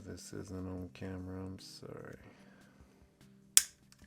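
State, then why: Seated. Someone talks while using an angled pick to work a small spring bar into its groove in a Glock 43X pistol frame. A sharp, bright pop sounds at 3.6 s as the spring bar snaps into the groove, followed by a few faint ticks. The bar is seated, sitting in the groove under spring tension.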